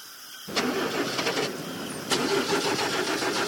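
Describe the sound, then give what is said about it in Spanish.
A car engine cranks with a loud, grinding starter whir, then surges again in a second attempt, churning steadily without settling into a smooth idle. No voices are heard. “Y bien, ¿ya está listo el coche? ¿Podemos seguir nuestro viaje? Me temo que no. Esto es peor de lo que creí.”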